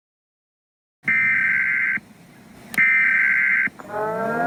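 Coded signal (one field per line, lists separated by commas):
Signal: Emergency Alert System (SAME) tones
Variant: header bursts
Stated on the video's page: Fictional EAS scenario, reuploaded.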